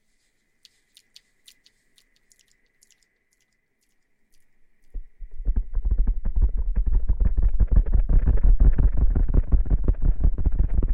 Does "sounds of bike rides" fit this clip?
no